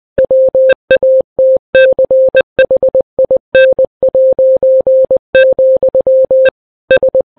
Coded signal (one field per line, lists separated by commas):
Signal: Morse code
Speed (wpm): 20 wpm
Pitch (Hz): 520 Hz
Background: none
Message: WATCHIN', S